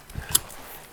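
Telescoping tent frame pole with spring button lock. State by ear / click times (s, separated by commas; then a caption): seated / 0.4 s. An end pole of a Coleman Instant Swagger 3P Darkroom instant-up tent frame, a telescoping pole with a little silver spring button lock, is slid out until the button pops out. After a faint tick near 0.1 s, one sharp click at 0.4 s marks the pole locking into place.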